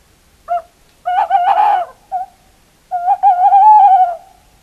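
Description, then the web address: Tawny owl hooting: a short opening note, then a long wavering, quavering hoot, a brief note and a pause, and another tremulous drawn-out hoot. "earth naturelibrary assets t ta tawny owl"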